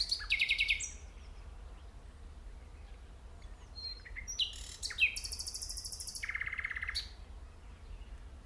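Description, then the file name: Common nightingale song: a quick rattle, a pause, then a high buzzing trill running into a lower churring one. "Luscinia megarhynchos"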